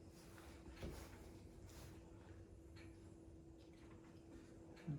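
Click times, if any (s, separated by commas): none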